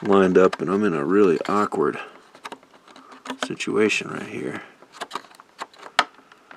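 Someone talks while lining up an interior panel and pressing its mushroom-head peg into its socket inside a 1:8 scale GT500 Eleanor model car, with small taps and scrapes along the way. The peg snaps into place with a sharp click at 6.0 s, and the panel is seated.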